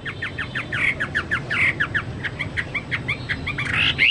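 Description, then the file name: Chinese hwamei song, a fast series of short chirped notes and slurred whistles, with a low background hum throughout. "hwamei-2-omkicau"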